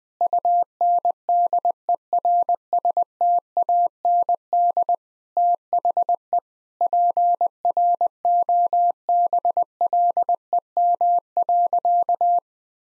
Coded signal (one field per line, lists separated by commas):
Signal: Morse code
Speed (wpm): 20 wpm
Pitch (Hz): 700 Hz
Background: none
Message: UNDERSTAND THE PROBLEM.